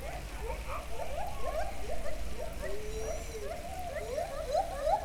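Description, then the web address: White-handed gibbon calls: a rapid series of rising whooping notes, about three per second, over a low steady hum. Captive animal at Debrecen Zoo, recorded in 2012. "debrecenizoo 2012 premium feherkezugibbon"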